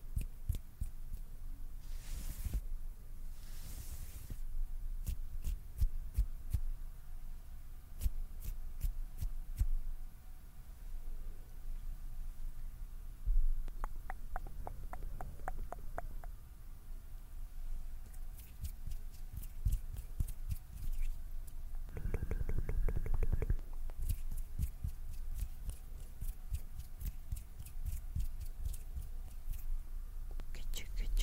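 Close-up mouth sounds and soft hand noises: quick clicky taps and wet smacks come in bursts, clustered around 2–5, 14–16, 18–21 and 27–31 seconds. A brief rustling swell near 22–23 seconds stands out over a low, steady hum underneath.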